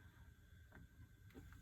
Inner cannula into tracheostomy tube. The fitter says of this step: I will put it in, rotate it to go in until it clicks in place.